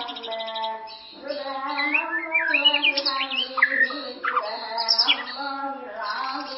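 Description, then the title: White-rumped shama song of wavering slurred whistles and quick varied notes, steady layered harmonic drone beneath. "murai batu"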